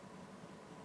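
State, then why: Not seated. A wire with a crimped metal ATX pin, held close to the pin, is being slid into a plastic power connector housing. Only a steady broadband hiss with a low hum is heard. Nothing has seated or clicked yet, and the pin's retention prongs have not latched.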